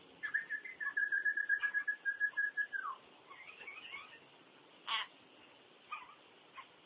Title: burung beo